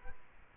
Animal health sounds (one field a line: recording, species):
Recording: mosquito wingbeat signal from an infrared sensor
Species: Culex quinquefasciatus